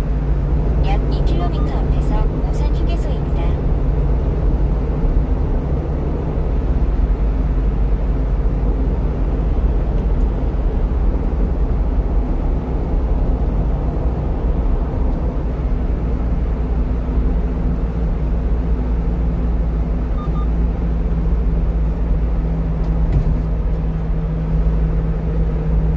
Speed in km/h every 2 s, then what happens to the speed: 87, 86, 83, 81, 80, 78, 76, 73, 71, 70, 68, 66, 66.
0-26 slows to 66.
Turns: none.